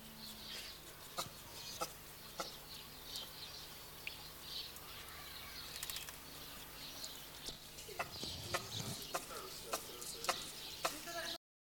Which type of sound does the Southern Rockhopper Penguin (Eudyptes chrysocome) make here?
call